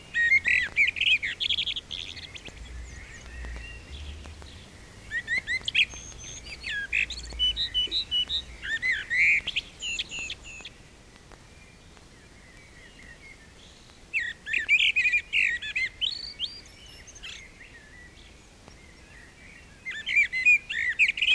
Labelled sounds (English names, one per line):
Common Blackbird song